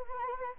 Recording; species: mosquito wingbeat signal from an infrared sensor; Anopheles arabiensis